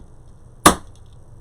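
A rotary fabric cutter's blade guard, clicked into place in the cutter handle, pops back out while mesh is being cut. A loud, sharp pop sounds at 0.7 s, followed by a faint tick near 1.0 s, and the guard is released from its seated position.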